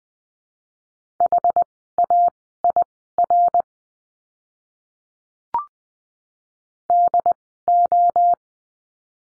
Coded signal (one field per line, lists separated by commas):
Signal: Morse code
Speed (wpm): 20 wpm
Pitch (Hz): 700 Hz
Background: none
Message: HAIR DO